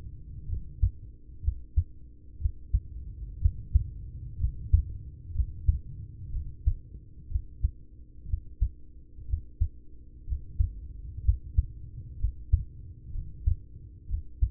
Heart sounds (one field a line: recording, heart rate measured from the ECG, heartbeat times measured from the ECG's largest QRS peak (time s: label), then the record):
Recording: heart sounds by stethoscope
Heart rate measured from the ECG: 62 bpm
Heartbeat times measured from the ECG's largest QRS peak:
0.45 s: heartbeat
1.40 s: heartbeat
2.37 s: heartbeat
3.37 s: heartbeat
4.36 s: heartbeat
5.30 s: heartbeat
6.29 s: heartbeat
7.27 s: heartbeat
8.25 s: heartbeat
9.25 s: heartbeat
10.24 s: heartbeat
11.21 s: heartbeat
12.16 s: heartbeat
13.10 s: heartbeat
14.06 s: heartbeat
From the record:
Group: heart failure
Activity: rest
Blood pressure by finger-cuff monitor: 105/57 mmHg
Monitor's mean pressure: 72 mmHg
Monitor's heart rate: 61 bpm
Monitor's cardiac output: 5.9 L/min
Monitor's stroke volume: 97 mL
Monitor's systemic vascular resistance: 880 dyn s/cm5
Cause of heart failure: ischemic heart disease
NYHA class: 1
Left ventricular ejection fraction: 33%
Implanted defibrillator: present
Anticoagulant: apixaban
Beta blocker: carvedilol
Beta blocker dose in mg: 18.75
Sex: male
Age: 39 years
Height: 168 cm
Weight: 72 kg